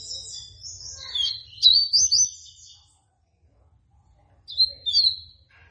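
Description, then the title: Seedeater song: a long run of high twittering notes building to a loud ringing burst, then a shorter second phrase after a pause. Tui tui song style; bird described as 'fibra'. "COLEIRO DE GOLA TUI TUI FIBRA"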